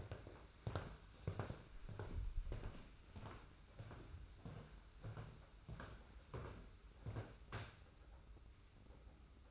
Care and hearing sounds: daily activity, microphone in the room; walk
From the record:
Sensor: 2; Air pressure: 991.5 hPa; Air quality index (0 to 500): 187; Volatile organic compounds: 1000 ppm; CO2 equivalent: 6105 ppm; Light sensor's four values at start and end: 29/90/35/33 and 30/93/36/34

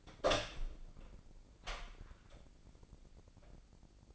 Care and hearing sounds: daily activity, microphone in the room; open door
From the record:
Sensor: 5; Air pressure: 1009.3 hPa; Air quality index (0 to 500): 168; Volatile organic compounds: 2 ppm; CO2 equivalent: 1282 ppm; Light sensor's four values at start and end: 163/387/164/178 and 162/384/163/177

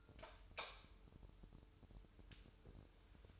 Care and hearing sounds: daily activity, microphone in the room; light on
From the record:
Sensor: 2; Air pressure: 988.2 hPa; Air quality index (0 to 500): 189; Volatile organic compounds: 173 ppm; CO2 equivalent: 4117 ppm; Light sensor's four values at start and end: 7/16/7/7 and 12/35/14/14

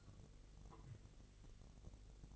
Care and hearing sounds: daily activity, microphone in the room; take from stove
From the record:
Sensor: 4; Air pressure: 1000.1 hPa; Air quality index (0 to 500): 225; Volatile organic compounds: 28 ppm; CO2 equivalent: 2901 ppm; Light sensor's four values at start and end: 9/20/8/8 and 9/20/8/8

